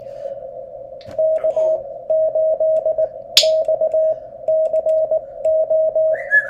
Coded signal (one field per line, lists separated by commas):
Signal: Morse code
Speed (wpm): 19 wpm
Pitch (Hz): 630 Hz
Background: none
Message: K8XCO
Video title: POTA hunting